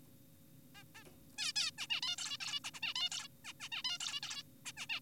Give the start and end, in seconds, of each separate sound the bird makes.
0.75-0.84, 0.95-1.04, 1.38-1.52, 1.56-1.71, 1.78-1.87, 1.90-2.01, 2.03-2.16, 2.18-2.38, 2.40-2.60, 2.64-2.71, 2.74-2.80, 2.82-2.94, 2.96-3.10, 3.12-3.28, 3.45-3.53, 3.60-3.69, 3.72-3.82, 3.85-3.98, 4.00-4.20, 4.23-4.43, 4.66-4.72, 4.77-4.86, 4.90-5.00